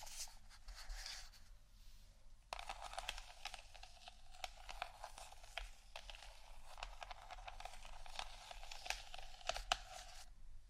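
Scratching and tapping on items, busy crackly rasps with sharp clicks throughout, louder and denser after about two and a half seconds.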